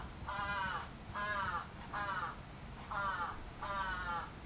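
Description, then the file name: Crow giving five hoarse, drawn-out caws in steady succession. Recorded 11 July 2011. "karasu 110711 0823"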